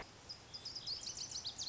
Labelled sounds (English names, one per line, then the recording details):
Lazuli Bunting
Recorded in Sonoma County, California